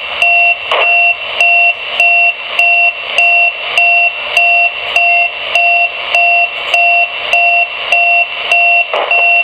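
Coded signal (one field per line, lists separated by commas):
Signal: unidentified radio signal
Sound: continuous rapid dual-tone beeping, about two beeps a second, with hissy bursts between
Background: radio static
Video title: Strange Beeping on CB Band 11 Meters 27MHz Band - 27.395 MHz CB Radio Channel 39 “Roger Beep” Sounds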